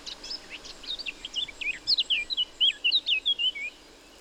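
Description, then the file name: Eurasian blackcap song, a brisk run of clear whistled and slurred notes, rising and falling, delivered in quick succession for a few seconds before stopping. "Sylvia atricapilla"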